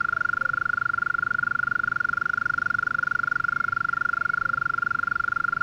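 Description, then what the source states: European mole cricket song, an unbroken, even churring trill holding one steady pitch throughout. Small population in a flooded alpine pasture at 1250 m, Le Villard, Drôme, France, 3 May 2020, heard every year at this period; recorded in stereo on Nagra Seven with MKH40 microphone.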